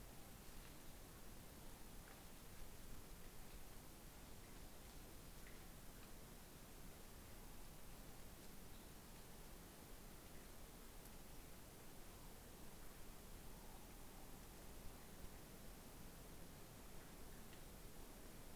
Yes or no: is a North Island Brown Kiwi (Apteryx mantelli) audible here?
no